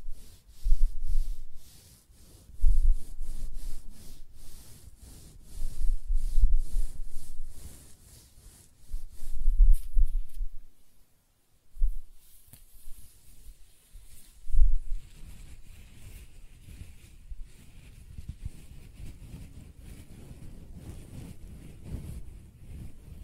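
Close-up hair being scratched, brushed and stroked, heard as rough rubbing strokes with a low, muffled thump under each. Strokes come in bursts about every two to four seconds for the first fifteen seconds, then settle into a softer, steady rustling with a faint hiss.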